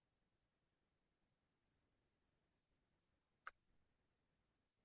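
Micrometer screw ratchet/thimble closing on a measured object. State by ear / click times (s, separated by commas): torque reached / 3.5 s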